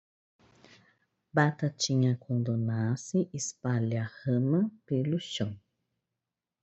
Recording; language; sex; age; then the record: short text; Brazilian Portuguese; female; 40 to 49 years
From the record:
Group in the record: control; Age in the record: 43 years